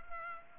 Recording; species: mosquito wingbeat signal from an infrared sensor; Culex pipiens